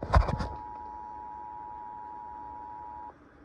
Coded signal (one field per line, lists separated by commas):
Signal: Emergency Alert System (SAME) tones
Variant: 853 and 960 Hz attention tone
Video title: EAS 6240-6243 KDKA EAS TEST From 09/29/24